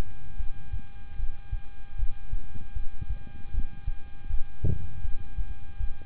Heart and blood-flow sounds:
heart sounds by stethoscope; between the tricuspid and mitral areas; 78 bpm
0.37 s: heartbeat
1.16 s: heartbeat
1.96 s: heartbeat
2.73 s: heartbeat
3.51 s: heartbeat
4.27 s: heartbeat
5.01 s: heartbeat
5.77 s: heartbeat
From the record:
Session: rest, lying down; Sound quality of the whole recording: good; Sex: male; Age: 26 years

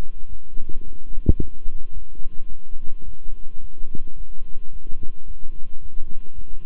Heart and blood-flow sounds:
heart sounds by stethoscope; between the tricuspid and mitral areas; 109 bpm
0.28 s: heartbeat
0.83 s: heartbeat
1.39 s: heartbeat
1.92 s: heartbeat
2.48 s: heartbeat
3.04 s: heartbeat
3.60 s: heartbeat
4.16 s: heartbeat
4.71 s: heartbeat
5.26 s: heartbeat
5.81 s: heartbeat
6.34 s: heartbeat
From the record:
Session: walking at 3.7 km/h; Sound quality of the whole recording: good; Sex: male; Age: 26 years

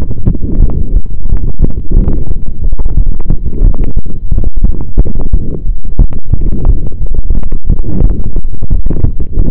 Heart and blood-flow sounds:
heart sounds by stethoscope; between the tricuspid and mitral areas; 178 bpm
0.27 s: heartbeat
0.61 s: heartbeat
0.94 s: heartbeat
1.27 s: heartbeat
1.61 s: heartbeat
1.95 s: heartbeat
2.29 s: heartbeat
2.62 s: heartbeat
2.96 s: heartbeat
3.29 s: heartbeat
3.63 s: heartbeat
3.97 s: heartbeat
4.30 s: heartbeat
4.64 s: heartbeat
4.98 s: heartbeat
5.32 s: heartbeat
5.65 s: heartbeat
5.99 s: heartbeat
6.33 s: heartbeat
6.67 s: heartbeat
7.01 s: heartbeat
7.35 s: heartbeat
7.68 s: heartbeat
8.03 s: heartbeat
8.36 s: heartbeat
8.70 s: heartbeat
9.04 s: heartbeat
9.38 s: heartbeat
From the record:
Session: pedaling a stationary bicycle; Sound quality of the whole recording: saturated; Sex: male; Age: 23 years

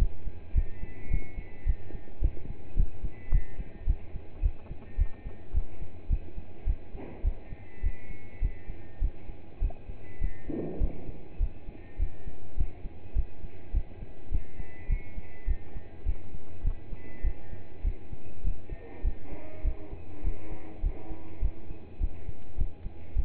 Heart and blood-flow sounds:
heart sounds by stethoscope; between the tricuspid and mitral areas; 103 bpm
0.54 s: heartbeat
1.10 s: heartbeat
1.66 s: heartbeat
2.21 s: heartbeat
2.76 s: heartbeat
3.31 s: heartbeat
3.86 s: heartbeat
4.42 s: heartbeat
4.98 s: heartbeat
5.54 s: heartbeat
6.09 s: heartbeat
6.66 s: heartbeat
7.24 s: heartbeat
7.83 s: heartbeat
8.41 s: heartbeat
9.01 s: heartbeat
9.61 s: heartbeat
10.20 s: heartbeat
10.80 s: heartbeat
11.39 s: heartbeat
11.99 s: heartbeat
12.57 s: heartbeat
13.15 s: heartbeat
13.73 s: heartbeat
14.31 s: heartbeat
14.89 s: heartbeat
15.47 s: heartbeat
16.05 s: heartbeat
16.64 s: heartbeat
17.23 s: heartbeat
17.84 s: heartbeat
18.43 s: heartbeat
19.04 s: heartbeat
19.64 s: heartbeat
20.23 s: heartbeat
20.83 s: heartbeat
21.41 s: heartbeat
22.00 s: heartbeat
22.57 s: heartbeat
23.15 s: heartbeat
From the record:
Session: pedaling a stationary bicycle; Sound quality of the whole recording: partially saturated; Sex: male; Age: 27 years

